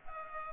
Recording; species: mosquito wingbeat signal from an infrared sensor; Culex pipiens